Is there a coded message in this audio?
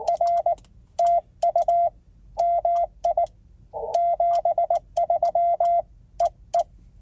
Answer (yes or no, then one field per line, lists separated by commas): yes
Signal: Morse code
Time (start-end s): 0.1-6.6 s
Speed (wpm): 19 wpm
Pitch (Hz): 690 Hz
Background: radio noise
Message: R TU MI 73 EE